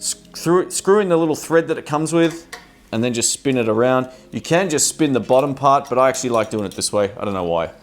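A microphone shock mount is spun by hand onto the stand's screw thread. Someone talks throughout, with soft handling sounds underneath. Nothing has seated or locked in place yet.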